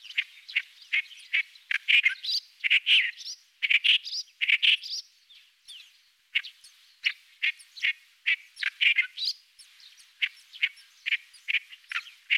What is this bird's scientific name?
Acrocephalus stentoreus